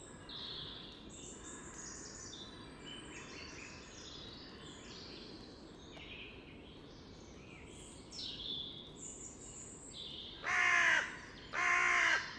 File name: Corvus corone